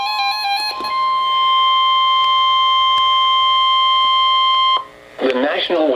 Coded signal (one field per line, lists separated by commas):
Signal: Emergency Alert System (SAME) tones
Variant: 1050 Hz attention tone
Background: speech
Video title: Severe Thunderstorm Warning (EAS 54)